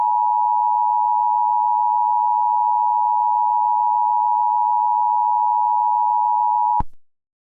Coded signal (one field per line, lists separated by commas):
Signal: Emergency Alert System (SAME) tones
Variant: 853 and 960 Hz attention tone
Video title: Eas mock civil danger warning 9/4/2024